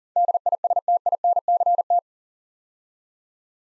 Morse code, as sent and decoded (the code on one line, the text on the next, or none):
-.. .. ... - .. -. -.-. -
DISTINCT